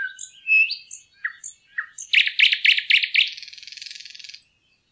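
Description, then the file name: Thrush nightingale song: a few whistled and slurred notes, then rapid hard knocking notes that run into a dry, fading rattle. "nattergal"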